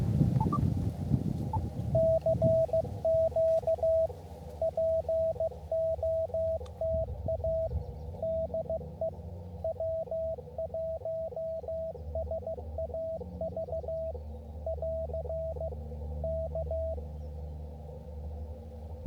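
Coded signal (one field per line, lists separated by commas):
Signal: Morse code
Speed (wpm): 15 wpm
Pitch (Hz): 650 Hz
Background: radio noise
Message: CQ POTA DE W1SAV <AR> K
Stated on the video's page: Park activation, using a wire sloper antenna.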